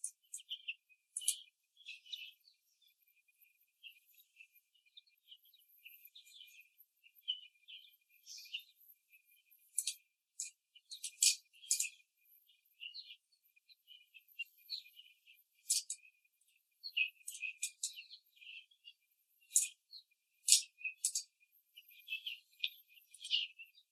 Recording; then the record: young laying hens in a cage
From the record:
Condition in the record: after the stressor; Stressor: simulated dog barking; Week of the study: 3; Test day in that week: 1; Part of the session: 2